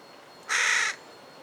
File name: Corvus corone